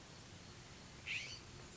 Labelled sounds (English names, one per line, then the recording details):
California Scrub-Jay
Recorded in Sonoma County, California